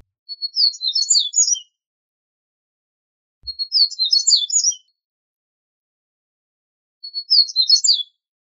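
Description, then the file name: Double-collared seedeater song: three short, high twittering phrases of quick chirps and trills, each about a second long, repeated roughly every three seconds. "Sporophila caerulescens"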